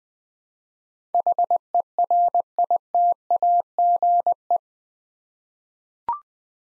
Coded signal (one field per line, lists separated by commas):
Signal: Morse code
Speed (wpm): 20 wpm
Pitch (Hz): 700 Hz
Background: none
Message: HERITAGE